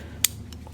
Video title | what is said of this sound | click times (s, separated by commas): Wiha Tool Haul #9: Pliers Wrench and Auto Adjusting Pliers Combo Pack! | it's one of those types of deals like you think that might have seeded you heard a click nope you got to come in and | 0.2 s